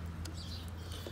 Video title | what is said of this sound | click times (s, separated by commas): How to replace 2007 Mercedes Benz S550 water pump, Thermostat, Idler Pulley, Guide Pulley, Part4 | sure to snap right here everything snaps in place | 0.3 s